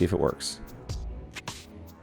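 Someone talks briefly as a 3D-printed PETG twist-lock guard ring is pushed over the top of an Aquaillumination Nero 7 aquarium pump housing and twisted, with short sharp sounds at 0.9 s and 1.5 s. The ring will not twist and has not snapped in, because its tab is not going where it needs to be.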